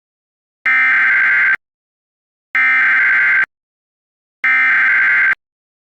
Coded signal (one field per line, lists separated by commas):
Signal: Emergency Alert System (SAME) tones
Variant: header bursts